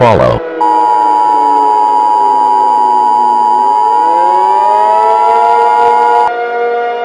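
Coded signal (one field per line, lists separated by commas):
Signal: Emergency Alert System (SAME) tones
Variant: 853 and 960 Hz attention tone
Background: speech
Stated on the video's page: Simulated EAS scenario about stolen trucks and nuclear materials.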